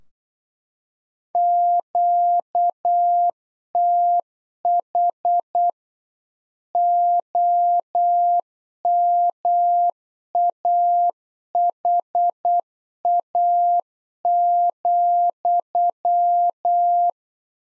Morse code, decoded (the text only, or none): QTH OMAHA,